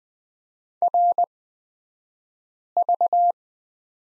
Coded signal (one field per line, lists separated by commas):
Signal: Morse code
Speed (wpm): 20 wpm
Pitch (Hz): 700 Hz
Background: none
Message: RV